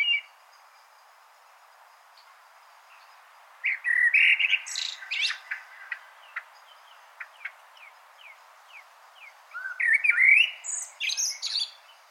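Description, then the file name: Common blackbird song: two bursts of fluty warbling with shrill twittered endings, separated by a run of short, evenly spaced ticking notes; steady background hiss. "Turdus merula"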